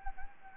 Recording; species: mosquito wingbeat signal from an infrared sensor; Anopheles gambiae